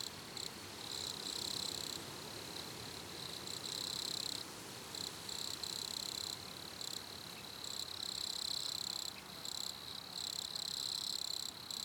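Cricket giving bursts of rapid, high-pitched pulsed chirps broken by short pauses, over a constant low hiss.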